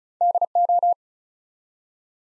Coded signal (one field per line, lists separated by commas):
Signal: Morse code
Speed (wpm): 36 wpm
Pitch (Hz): 700 Hz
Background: none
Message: DO